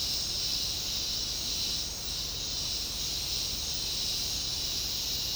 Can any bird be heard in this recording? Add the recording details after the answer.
no. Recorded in secondary vegetation near Puerto Asís, Putumayo, Colombia, on 9 March 2025 at 09:00. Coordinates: 0.484, -76.319. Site G010